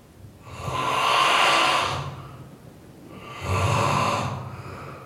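A man's persistent, muffled, rumbling snoring, with noisy breath surges about every three seconds, heard through a closed door.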